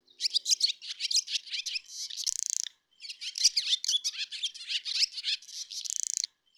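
Bird calling in two fast, varied phrases of high chirps and twittering notes, each ending in a short buzzy trill, with clean silence between them.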